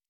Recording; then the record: hydrophone in a shrimp aquaculture tank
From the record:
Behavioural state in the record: normal